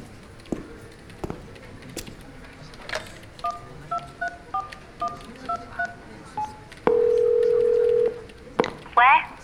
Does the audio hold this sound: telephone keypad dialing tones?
yes